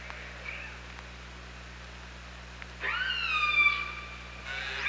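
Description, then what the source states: Killer whale call: a faint wavering tone, then a strong harmonic call sweeping upward and holding, followed by another call starting at the end, steady background hum. OrcaLab hydrophone, 24 August 2017, 07:54.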